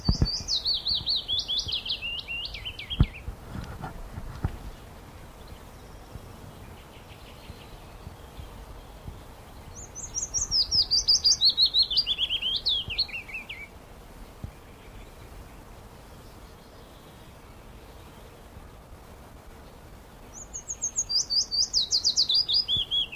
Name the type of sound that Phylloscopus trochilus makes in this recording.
song